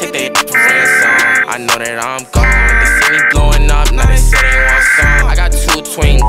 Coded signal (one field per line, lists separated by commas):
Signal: Emergency Alert System (SAME) tones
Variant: header bursts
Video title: Ransom X EAS Alarm (Full)